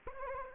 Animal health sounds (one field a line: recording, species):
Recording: mosquito wingbeat signal from an infrared sensor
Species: Anopheles arabiensis